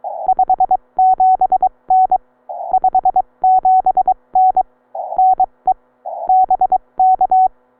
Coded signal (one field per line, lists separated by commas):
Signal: Morse code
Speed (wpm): 22 wpm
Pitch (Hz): 750 Hz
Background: none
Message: 57N 57N NE BK